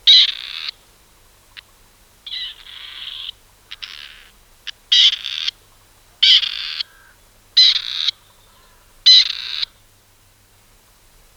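Bird giving harsh, squawky bursts, mostly about half a second long, spaced one to two seconds apart, with a few short clicks between them.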